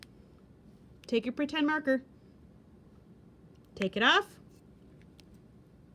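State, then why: Not seated. A plastic cap is being handled on a felt-tip marker as it is taken off, ready to be pushed back on. Someone talks in two short bursts, and a couple of faint ticks come near the end. Nothing has seated or clicked yet; the cap is not yet home.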